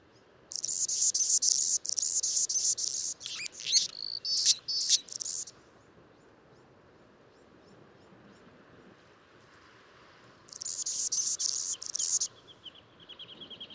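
Anna's hummingbird song: rasping, insect-like high buzzes and sharp squeaks for five seconds, a long pause, then another scratchy burst ending in a thin trill.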